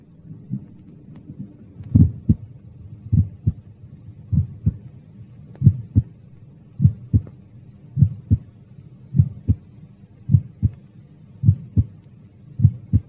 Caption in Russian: Расщепление первого тона на верхушке у человека без клинических признаков заболевания сердца.